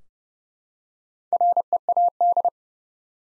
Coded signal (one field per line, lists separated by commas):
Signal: Morse code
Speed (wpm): 30 wpm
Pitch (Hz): 700 Hz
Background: none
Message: READ